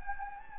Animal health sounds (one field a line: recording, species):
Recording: mosquito wingbeat signal from an infrared sensor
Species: Anopheles gambiae